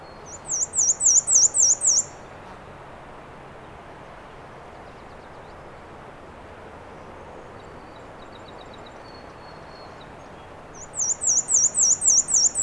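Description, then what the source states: Black-and-white warbler: a short song of high, squeaky repeated two-note phrases, then about nine seconds of near-quiet, then the song starts again. Recorded 13 June 2017 at 9:54 am on a trail in Acadia National Park; Fostex FR2 recorder with Sennheiser ME 66 microphone; high-pass filtered.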